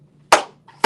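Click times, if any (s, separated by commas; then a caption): 0.3 s. A folding leg or hinge of a lightweight portable laptop desk is pushed until it pops into place with a sharp snap at 0.3 s, and a second snap follows at 0.8 s. The leg is seated.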